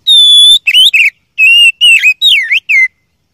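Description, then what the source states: Oriental magpie-robin song: a long pure whistle, then a rapid series of varied whistled notes that bend up and down, ending abruptly. First-place champion (juara 1) song, used to train other songbirds (masteran).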